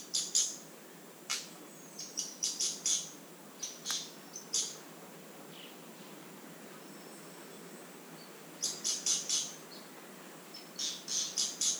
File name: Saltarín-cabecirrojo-norteño-Ceratopipra-mentalis